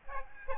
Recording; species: mosquito wingbeat signal from an infrared sensor; Aedes aegypti